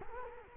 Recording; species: mosquito wingbeat signal from an infrared sensor; Culex quinquefasciatus